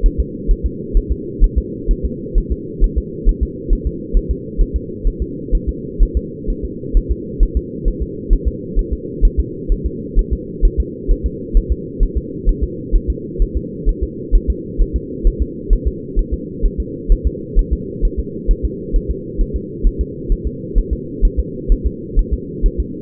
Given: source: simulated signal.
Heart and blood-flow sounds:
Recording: fetal heart sounds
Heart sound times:
0.06 s: S1
0.20 s: S2
0.51 s: S1
0.66 s: S2
0.97 s: S1
1.12 s: S2
1.44 s: S1
1.58 s: S2
1.91 s: S1
2.05 s: S2
2.38 s: S1
2.52 s: S2
2.84 s: S1
2.98 s: S2
3.29 s: S1
3.43 s: S2
3.73 s: S1
3.87 s: S2
4.17 s: S1
4.31 s: S2
4.61 s: S1
4.76 s: S2
5.07 s: S1
5.22 s: S2
5.55 s: S1
5.69 s: S2
6.03 s: S1
6.17 s: S2
6.50 s: S1
6.65 s: S2
6.97 s: S1
7.11 s: S2
7.43 s: S1
7.57 s: S2
7.88 s: S1
8.02 s: S2
8.33 s: S1
8.48 s: S2
8.79 s: S1
8.93 s: S2
9.25 s: S1
9.40 s: S2
9.72 s: S1
9.86 s: S2
10.19 s: S1
10.33 s: S2
10.65 s: S1
10.80 s: S2
11.11 s: S1
11.26 s: S2
11.57 s: S1
11.72 s: S2
12.03 s: S1
12.17 s: S2
12.49 s: S1
12.63 s: S2
12.95 s: S1
13.10 s: S2
13.42 s: S1
13.57 s: S2
13.89 s: S1
14.03 s: S2
14.35 s: S1
14.50 s: S2
14.81 s: S1
14.96 s: S2
15.27 s: S1
15.42 s: S2
15.73 s: S1
15.88 s: S2
16.19 s: S1
16.33 s: S2
16.66 s: S1
16.80 s: S2
17.12 s: S1
17.27 s: S2
17.59 s: S1
17.73 s: S2
18.05 s: S1
18.19 s: S2
18.51 s: S1
18.65 s: S2
18.96 s: S1
19.11 s: S2
19.41 s: S1
19.56 s: S2
19.87 s: S1
20.01 s: S2
20.32 s: S1
20.47 s: S2
20.78 s: S1
20.93 s: S2
21.25 s: S1
21.39 s: S2
21.72 s: S1
21.86 s: S2
22.19 s: S1
22.33 s: S2
22.66 s: S1
22.80 s: S2
From the record:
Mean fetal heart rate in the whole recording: 130 bpm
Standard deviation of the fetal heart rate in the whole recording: 4 bpm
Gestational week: 38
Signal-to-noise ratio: -4.1 dB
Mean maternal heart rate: no maternal heart sound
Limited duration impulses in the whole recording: absent

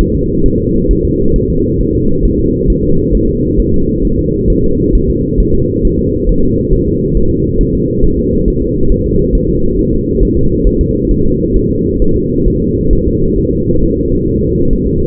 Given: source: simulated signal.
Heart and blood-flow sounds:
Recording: fetal heart sounds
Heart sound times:
0.01 s: S1
0.15 s: S2
0.46 s: S1
0.60 s: S2
0.91 s: S1
1.05 s: S2
1.36 s: S1
1.50 s: S2
1.81 s: S1
1.95 s: S2
2.25 s: S1
2.40 s: S2
2.70 s: S1
2.84 s: S2
3.15 s: S1
3.29 s: S2
3.60 s: S1
3.74 s: S2
4.05 s: S1
4.19 s: S2
4.50 s: S1
4.64 s: S2
4.95 s: S1
5.10 s: S2
5.40 s: S1
5.55 s: S2
5.85 s: S1
5.99 s: S2
6.29 s: S1
6.44 s: S2
6.73 s: S1
6.88 s: S2
7.17 s: S1
7.31 s: S2
7.61 s: S1
7.75 s: S2
8.05 s: S1
8.19 s: S2
8.48 s: S1
8.62 s: S2
8.92 s: S1
9.06 s: S2
9.35 s: S1
9.49 s: S2
9.79 s: S1
9.93 s: S2
10.23 s: S1
10.37 s: S2
10.67 s: S1
10.81 s: S2
11.11 s: S1
11.26 s: S2
11.56 s: S1
11.71 s: S2
12.02 s: S1
12.16 s: S2
12.48 s: S1
12.62 s: S2
12.93 s: S1
13.07 s: S2
13.39 s: S1
13.53 s: S2
13.84 s: S1
13.98 s: S2
14.28 s: S1
14.43 s: S2
14.73 s: S1
14.87 s: S2
From the record:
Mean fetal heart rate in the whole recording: 135 bpm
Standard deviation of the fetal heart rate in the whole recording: 3 bpm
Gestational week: 36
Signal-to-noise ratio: -16.4 dB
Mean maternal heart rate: 72 bpm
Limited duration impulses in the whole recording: present

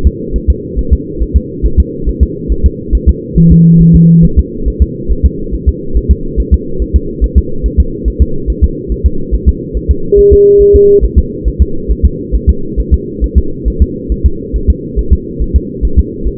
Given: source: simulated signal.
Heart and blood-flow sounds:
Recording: fetal heart sounds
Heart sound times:
0.07 s: S2
0.36 s: S1
0.50 s: S2
0.79 s: S1
0.93 s: S2
1.22 s: S1
1.36 s: S2
1.66 s: S1
1.80 s: S2
2.09 s: S1
2.23 s: S2
2.52 s: S1
2.66 s: S2
2.95 s: S1
3.09 s: S2
3.38 s: S1
3.52 s: S2
3.81 s: S1
3.95 s: S2
4.25 s: S1
4.39 s: S2
4.68 s: S1
4.82 s: S2
5.11 s: S1
5.25 s: S2
5.55 s: S1
5.69 s: S2
5.97 s: S1
6.11 s: S2
6.40 s: S1
6.54 s: S2
6.82 s: S1
6.96 s: S2
7.24 s: S1
7.38 s: S2
7.66 s: S1
7.80 s: S2
8.08 s: S1
8.22 s: S2
8.50 s: S1
8.64 s: S2
8.92 s: S1
9.06 s: S2
9.34 s: S1
9.48 s: S2
9.77 s: S1
9.91 s: S2
10.19 s: S1
10.33 s: S2
10.62 s: S1
10.76 s: S2
11.04 s: S1
11.18 s: S2
11.48 s: S1
11.62 s: S2
11.91 s: S1
12.05 s: S2
12.35 s: S1
12.49 s: S2
12.80 s: S1
12.94 s: S2
13.24 s: S1
13.38 s: S2
13.68 s: S1
13.82 s: S2
14.12 s: S1
14.26 s: S2
14.56 s: S1
14.70 s: S2
14.99 s: S1
15.13 s: S2
15.42 s: S1
15.56 s: S2
15.85 s: S1
15.99 s: S2
16.27 s: S1
From the record:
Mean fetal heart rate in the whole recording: 140 bpm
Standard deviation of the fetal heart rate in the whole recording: 2 bpm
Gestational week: 34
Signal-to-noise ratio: -8.1 dB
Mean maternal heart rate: 72 bpm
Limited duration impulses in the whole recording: present

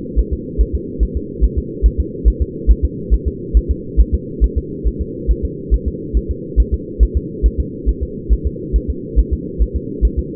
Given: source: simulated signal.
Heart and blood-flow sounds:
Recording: fetal heart sounds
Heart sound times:
0.19 s: S1
0.33 s: S2
0.61 s: S1
0.75 s: S2
1.03 s: S1
1.17 s: S2
1.44 s: S1
1.58 s: S2
1.86 s: S1
2.00 s: S2
2.28 s: S1
2.42 s: S2
2.71 s: S1
2.85 s: S2
3.14 s: S1
3.28 s: S2
3.57 s: S1
3.71 s: S2
4.01 s: S1
4.15 s: S2
4.44 s: S1
4.58 s: S2
4.87 s: S1
5.01 s: S2
5.31 s: S1
5.45 s: S2
5.74 s: S1
5.88 s: S2
6.17 s: S1
6.31 s: S2
6.60 s: S1
6.74 s: S2
7.03 s: S1
7.17 s: S2
7.46 s: S1
7.60 s: S2
7.89 s: S1
8.03 s: S2
8.33 s: S1
8.47 s: S2
8.76 s: S1
8.90 s: S2
9.19 s: S1
9.33 s: S2
9.62 s: S1
9.76 s: S2
10.05 s: S1
10.19 s: S2
From the record:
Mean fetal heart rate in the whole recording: 140 bpm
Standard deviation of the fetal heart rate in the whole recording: 2 bpm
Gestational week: 34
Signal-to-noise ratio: -4.1 dB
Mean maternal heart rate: no maternal heart sound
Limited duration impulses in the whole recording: absent

